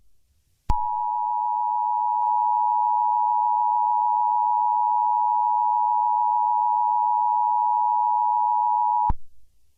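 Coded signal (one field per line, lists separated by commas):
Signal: Emergency Alert System (SAME) tones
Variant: 853 and 960 Hz attention tone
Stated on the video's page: Fictional EAS mock for SCP-682, made with Movie Studio Platinum and Audacity using EAS alert sound effects and text-to-speech voice.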